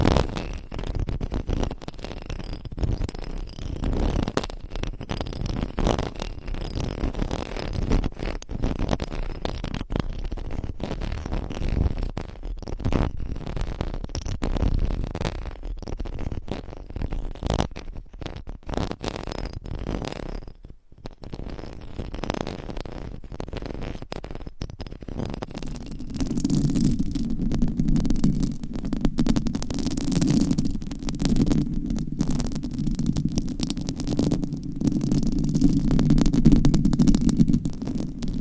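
Scratching and rubbing on a microphone, a dense, restless stream of rough scraping with frequent sharp crackles and dropouts. After about 26 seconds the texture shifts to a louder, steadier low rumbling drone with a buzzy hum under continued scratching.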